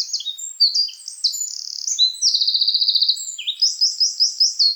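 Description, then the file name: Eurasian wren delivering a vigorous high song of rapid ticking rattles, brisk trills and bright repeated notes that runs without pause. "Troglodytes troglodytes"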